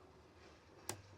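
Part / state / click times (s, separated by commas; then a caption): rooflight stay in caravan roof window frame / seated / 0.9 s. A rooflight stay in the roof window frame of a 2025 Elddis Avante 840 caravan is raised further to its next detent. After a low, steady background, a single sharp click sounds at 0.9 s as the stay seats in the next position.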